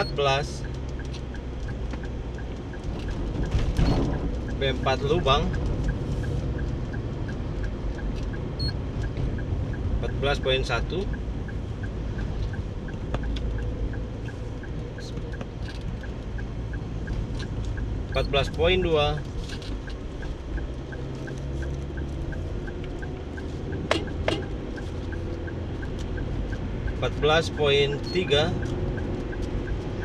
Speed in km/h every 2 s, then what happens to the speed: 43, 43, 42, 39, 39, 38, 38, 38, 39, 40, 40, 41, 41, 46, 48.
0-24 steady at about 40. 24-30 speeds up to 48.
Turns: none.